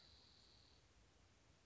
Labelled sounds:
Spotted Towhee (Pipilo maculatus)

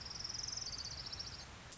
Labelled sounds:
Orange-crowned Warbler (Leiothlypis celata)

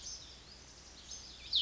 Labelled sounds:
Cassin's Vireo (Vireo cassinii)

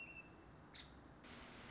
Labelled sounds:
Nuttall's Woodpecker (Dryobates nuttallii)

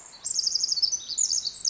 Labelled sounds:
Pacific Wren (Troglodytes pacificus)

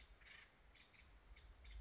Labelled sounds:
Acorn Woodpecker (Melanerpes formicivorus)

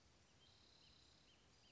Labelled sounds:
Spotted Towhee (Pipilo maculatus)

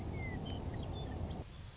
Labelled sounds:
Western Meadowlark (Sturnella neglecta)

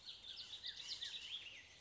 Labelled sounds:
Bullock's Oriole (Icterus bullockii)

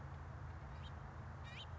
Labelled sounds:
House Finch (Haemorhous mexicanus)

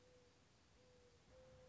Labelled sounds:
Mourning Dove (Zenaida macroura)

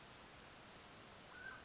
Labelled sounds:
Mountain Quail (Oreortyx pictus)

